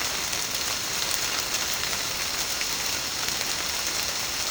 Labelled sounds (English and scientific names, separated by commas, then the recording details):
none
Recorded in secondary vegetation near Puerto Asís, Putumayo, Colombia, on 21 March 2025 at 13:00
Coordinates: 0.485, -76.322
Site G040